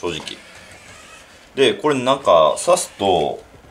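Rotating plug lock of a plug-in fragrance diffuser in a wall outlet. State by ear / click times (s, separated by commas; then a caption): not seated / none. Someone talks about the stiff rotating plug lock of a Diptyque plug-in fragrance diffuser as it is about to go into a wall outlet, with a brief sharp sound right at the end near 3.7 s. Nothing has seated or clicked yet; the clip ends before the plug goes home.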